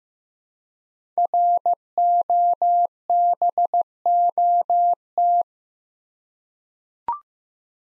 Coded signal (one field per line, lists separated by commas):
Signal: Morse code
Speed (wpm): 15 wpm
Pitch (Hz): 700 Hz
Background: none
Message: ROBOT